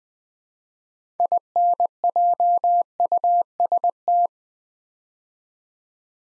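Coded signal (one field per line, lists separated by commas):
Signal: Morse code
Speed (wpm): 20 wpm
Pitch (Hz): 700 Hz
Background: none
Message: INJUST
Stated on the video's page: Morse code practice building nine-letter words three letters at a time at 20 wpm, for beginners working on instant character recognition.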